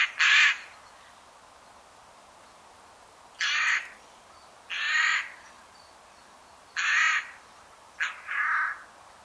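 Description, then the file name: Eurasian Jay uttering harsh, noisy rasping screeches at irregular intervals, the last two close together. "Garrulus glandarius"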